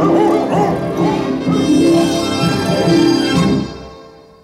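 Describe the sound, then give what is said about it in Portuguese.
A dog named Boca Negra barks and snarls in a loud, frantic scuffle with a growling, yelping wolf it is attacking, a dense continuous tangle of noise lasting several seconds before quickly fading out. “Pega! Pega, Boca Negra! Agarra o lobo, trovão!”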